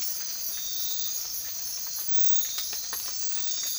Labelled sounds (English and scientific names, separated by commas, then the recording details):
none
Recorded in dense forest near Puerto Asís, Putumayo, Colombia, on 19 March 2025 at 00:00
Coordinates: 0.503, -76.323
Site GP09